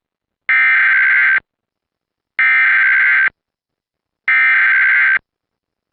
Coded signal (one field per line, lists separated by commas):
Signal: Emergency Alert System (SAME) tones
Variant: header bursts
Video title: Eas scenario 1 Duolingo owl